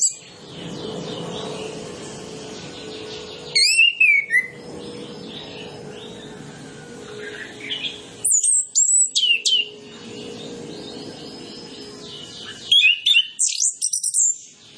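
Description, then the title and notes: Orange-headed Thrush song: three separate brief bursts of shrill, rapid, varied phrases, over a low continuous hum and soft background twittering. Full isian training song (masteran) used as a lure so that birds start singing openly (ngeplong). "Masteran Anis Kembang Full Isian Untuk Suara Pancingan Anis Kembang Agar Cepat Ngeplong. Suara Burung Anis Kembang"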